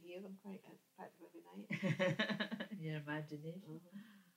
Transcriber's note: laughs